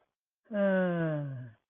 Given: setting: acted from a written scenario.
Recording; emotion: vocal sound without words; disappointment